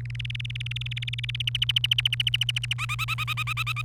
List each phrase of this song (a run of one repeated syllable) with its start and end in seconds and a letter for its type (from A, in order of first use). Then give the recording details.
0.01-1.42 A, 1.47-2.73 B, 2.78-3.82 C. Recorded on 28 April 2018 at 12:59. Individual llb3